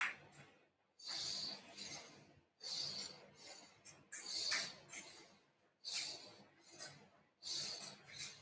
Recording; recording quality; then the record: shallow breathing; moderate, slight background noise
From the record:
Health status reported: healthy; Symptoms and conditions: none ticked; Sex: male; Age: 30 years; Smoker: not ticked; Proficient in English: yes